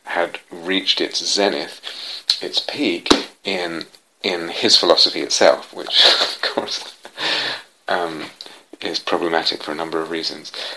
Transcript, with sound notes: had reached its zenith, its peak, in his philosophy itself, which [laughs] of course is problematic for a number of reasons.